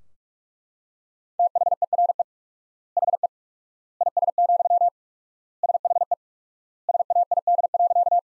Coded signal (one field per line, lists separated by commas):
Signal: Morse code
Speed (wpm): 41 wpm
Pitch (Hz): 700 Hz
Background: none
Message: THERE HE IS, SHE SAID.